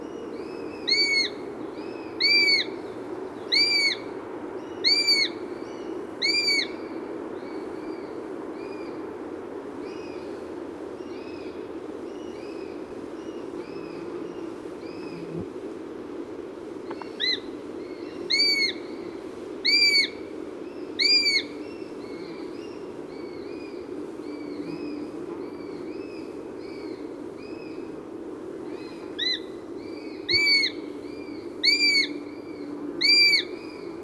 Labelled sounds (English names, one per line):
Eurasian Sparrowhawk call